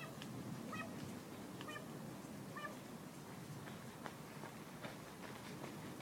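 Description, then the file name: Carrion crow subsong: three short nasal, mewing notes about a second apart, followed by scattered quiet clicks against a low rumbling background. "Corvus corone subsong"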